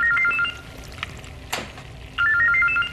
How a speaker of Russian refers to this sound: Потянувшись, Господи, к шкафу, да телефон там падает в кипящую, ой, воду.